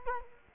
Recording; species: mosquito wingbeat signal from an infrared sensor; Culex quinquefasciatus